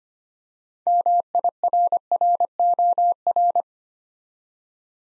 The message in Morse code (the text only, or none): MIRROR